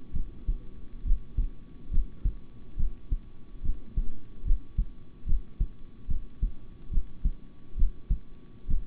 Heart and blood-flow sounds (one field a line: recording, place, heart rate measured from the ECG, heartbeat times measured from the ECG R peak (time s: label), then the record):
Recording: heart sounds by stethoscope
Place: between the tricuspid and mitral areas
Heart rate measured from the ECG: 70 bpm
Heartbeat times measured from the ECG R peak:
0.12 s: heartbeat
1.04 s: heartbeat
1.90 s: heartbeat
2.76 s: heartbeat
3.62 s: heartbeat
4.44 s: heartbeat
5.25 s: heartbeat
6.07 s: heartbeat
6.90 s: heartbeat
7.76 s: heartbeat
8.67 s: heartbeat
From the record:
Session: rest, sitting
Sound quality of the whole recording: good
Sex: male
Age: 26 years